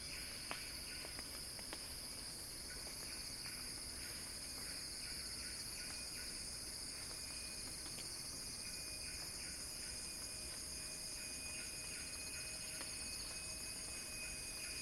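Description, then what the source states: Cicada giving a steady high-pitched drone with overlapping buzzy phrases and a few sharp clicks. Cicada song building in a crescendo.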